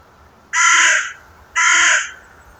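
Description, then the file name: Carrion crow giving two harsh, raspy caws about a second apart, each lasting roughly half a second, over quiet background hiss. "Corvus corone"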